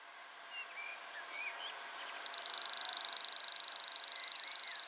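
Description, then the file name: Common grasshopper warbler song: after scattered faint whistles, a high insect-like reel starts midway and grows into a loud, steady rapid trill. Recorded at Ystad, Sweden, in 2011. "Gräshoppsångare - Locustella naevia-Ystad-Sweden"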